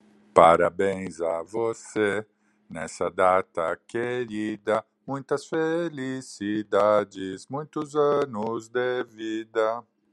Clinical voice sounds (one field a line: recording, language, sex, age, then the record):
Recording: short text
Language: Brazilian Portuguese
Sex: male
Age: 50 to 59 years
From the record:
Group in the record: control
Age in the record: 58 years